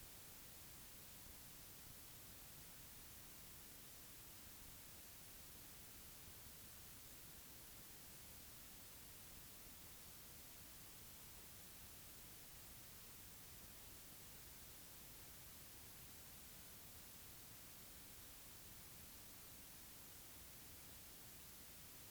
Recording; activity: daily activity, guitar pickup as the sensor; stand